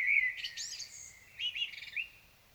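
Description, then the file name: Common blackbird song fragment: short fluted notes mixed with high, thin squeaky twitters. "Turdus merula"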